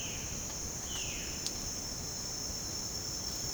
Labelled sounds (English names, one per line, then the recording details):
Violaceous Jay
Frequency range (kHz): Violaceous Jay 1.2-4.0 kHz
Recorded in dense forest near Puerto Asís, Putumayo, Colombia, on 23 June 2025 at 07:00
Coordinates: 0.486, -76.317
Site G065